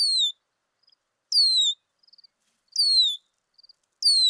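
Red-winged blackbird whistles, each a bright downward-sliding note, coming about every one and a half seconds, with soft pulsed ticking in the gaps.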